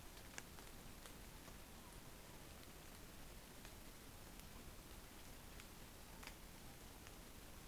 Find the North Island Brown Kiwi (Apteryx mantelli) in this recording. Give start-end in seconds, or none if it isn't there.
none